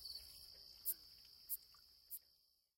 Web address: The Songs of Insects Gladiator Meadow Katydid